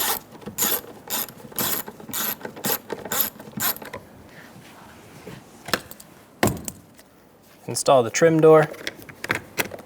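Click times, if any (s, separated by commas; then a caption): none. A small plastic trim door is handled at the interior door panel of a 2014-2018 Chevrolet Silverado 1500 during rear door lock actuator replacement. Someone talks, and a series of plastic rattles, knocks and short sharp ticks follows. Nothing has seated or clicked into place yet.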